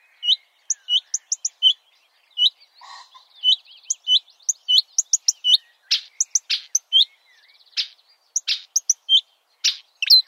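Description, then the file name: Marsh warbler song with repeated high whistled notes, quick ticks and scratchy buzzes in a varied, hurried sequence. "suara kicauan burung marsh warbler. omkicau"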